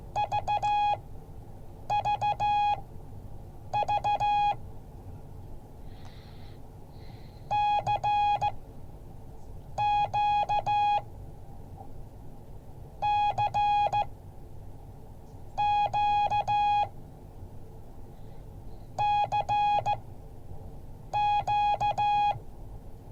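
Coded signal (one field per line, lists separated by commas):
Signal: Morse code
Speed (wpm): 15 wpm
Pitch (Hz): 830 Hz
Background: none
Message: VVV CQ CQ CQ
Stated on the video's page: Morse code class.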